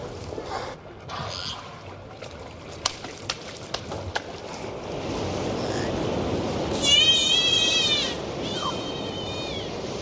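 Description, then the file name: Dolphin whistles, a long wavering tone with rich overtones followed by a shorter steady whistle, after a stretch of faint clicks and hissing water noise. "Zvuki Prirody - Vesyolye Delfiny"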